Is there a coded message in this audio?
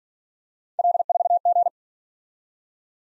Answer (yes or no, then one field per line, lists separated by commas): yes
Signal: Morse code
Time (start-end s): 0.8-1.7 s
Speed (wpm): 48 wpm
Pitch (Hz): 700 Hz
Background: none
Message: L4G